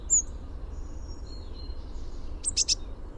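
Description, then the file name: Eurasian blue tit: a thin high note, some fainter high notes, then a burst of three sharp high notes, with a low rumble throughout. "Cyanistes caeruleus"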